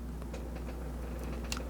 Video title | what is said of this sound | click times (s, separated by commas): Broken Lens Repair - Rokinon/Samyang 24-70 f2.8 | until it clicks | 1.5 s